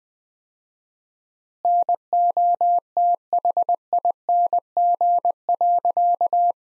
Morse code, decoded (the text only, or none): NOTHING.